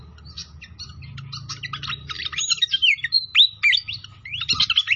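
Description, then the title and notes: Pied fantail song: twittering notes building into loud, swooping whistled slides and sharp chips, with a low rumbling wash underneath. Masteran training recording of a clear-voiced song mixed with the sound of trickling water; the notes also name Sikatan Londo. "Masteran Sikatan Kipas Suara Jernih Dan Suara Gemericik Air. Suara Burung Sikatan Londo"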